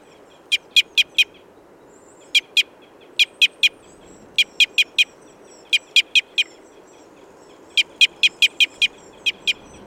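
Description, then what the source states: Red Crossbill giving sharp, high clicky call notes in quick runs of two to six, with short pauses between groups and faint background hiss. Red Crossbill of call type N.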